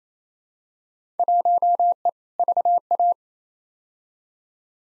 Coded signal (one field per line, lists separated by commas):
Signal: Morse code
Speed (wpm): 28 wpm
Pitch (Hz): 700 Hz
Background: none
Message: 1E VA